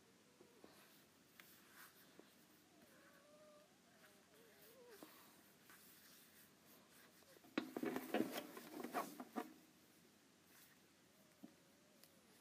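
An Apple Pencil taps and drags across an iPad screen, with soft scattered clicks and a few thin, wavering squeaks early on. Around the eighth second comes a dense flurry of quick, louder taps and scratchy strokes lasting about two seconds, then one last tap.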